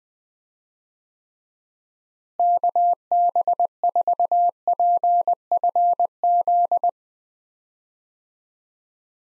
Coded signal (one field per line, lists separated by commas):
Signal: Morse code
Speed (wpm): 20 wpm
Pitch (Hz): 700 Hz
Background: none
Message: KB4PFZ